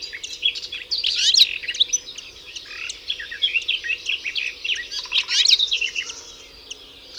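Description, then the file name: European goldfinch song, lively twittering phrases with a short buzzy note, then more chirps, over a faint low hum. "Carduelis carduelis"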